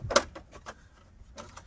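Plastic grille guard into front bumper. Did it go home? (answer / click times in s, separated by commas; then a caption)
yes / 0.2 s. A small plastic grille guard (grate) is pressed into the front bumper opening of a second-generation 1994–2001 Dodge Ram. It pops into place with a sharp, bright click at 0.2 s, followed by a few faint taps and light handling noises. The guard is seated.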